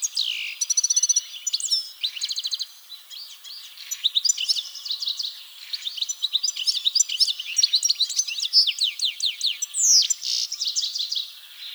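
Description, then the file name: European goldfinch song, a fast jumble of twittering, tinkling and buzzy high notes running without pause throughout. "Carduelis carduelis"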